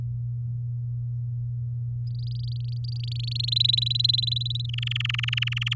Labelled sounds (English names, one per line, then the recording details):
Domestic Canary song
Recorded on 10 May 2018 at 06:12
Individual llb16